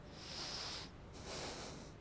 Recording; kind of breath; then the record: one breath in and out by a microphone near the nose and mouth; deep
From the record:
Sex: male